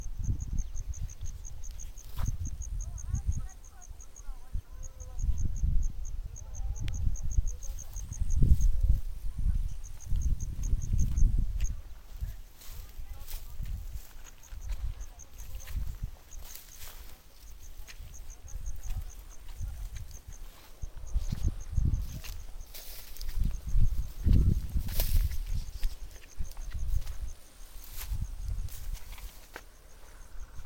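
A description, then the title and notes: An afternoon scene with a steady, rapid high chirping, like an insect, running through most of it. Low rumbling thumps come and go throughout, heaviest around 8–11 and 24 seconds, with a few sharp knocks and faint chatter early on. Sounds from Çarşamba afternoon by mehmet demircan.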